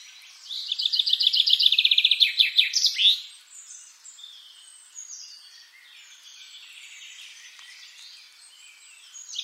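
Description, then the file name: Common chaffinch song: a bright, cascading trill lasting over two seconds with a final flourish, followed by quieter birdsong. "Fringilla coelebs"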